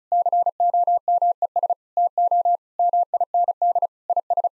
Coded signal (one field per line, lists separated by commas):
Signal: Morse code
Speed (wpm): 34 wpm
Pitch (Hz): 700 Hz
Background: none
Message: COMES TO MIND IS